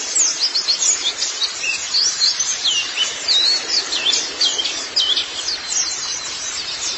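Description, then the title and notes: White-eye singing a rapid, high, jumbled twitter of thin slurred whistles and chirps, steady throughout with only tiny breaks between bursts. "Kicauan Burung Pleci Durasi Panjang. Suara kicauan burung pleci"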